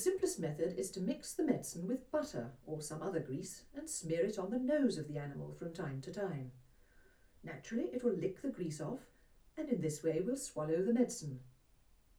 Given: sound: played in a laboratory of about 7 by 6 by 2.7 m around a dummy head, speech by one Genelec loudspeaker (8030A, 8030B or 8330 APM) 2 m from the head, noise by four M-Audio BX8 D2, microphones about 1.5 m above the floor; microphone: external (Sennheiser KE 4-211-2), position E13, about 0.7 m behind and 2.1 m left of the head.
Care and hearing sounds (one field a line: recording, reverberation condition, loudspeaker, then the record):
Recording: female speech in English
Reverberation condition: low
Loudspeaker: in front (0 degrees)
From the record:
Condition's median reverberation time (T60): about 310 ms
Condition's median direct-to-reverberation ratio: about 3.5 dB